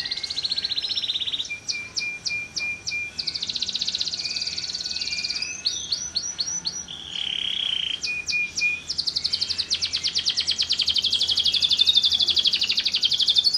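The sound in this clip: Continuous bird song alternating buzzy trills, clusters of sharp rapid notes and brief whistles, ending in a long high-pitched rattling trill.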